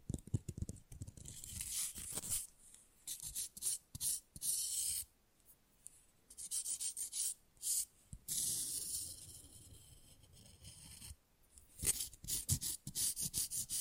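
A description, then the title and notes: Nails are filed fast and roughly, bursts of bright rasping strokes with short silent gaps between them. The scraping comes in quick, uneven runs, steadiest around the middle, then breaks into short choppy strokes near the end, with faint low thumps underneath. ASMR Manicure Session Fast & Rough Nail Filing + Tapping (No Talking).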